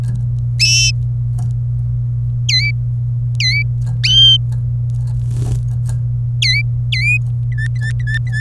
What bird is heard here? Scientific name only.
Serinus canaria